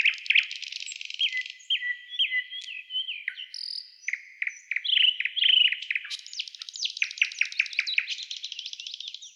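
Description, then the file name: Nightingale singing varied phrases: sharp notes, level whistles, then a loud series of repeated chirps and a high buzzy trill. "Solovey-1 Trel"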